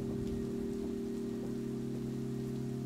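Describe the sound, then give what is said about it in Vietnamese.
Heavy rain pours down over a village in a steady, dense hiss with scattered spattering drops, layered over a constant low droning hum, with no voices present. “Lúc này cơn mưa vẫn cứ thế nuốt trọn mọi thứ, giống như có người đang trút những cơn oán hận, sự căm phẫn của mình lên đầu những kẻ sát nhân.”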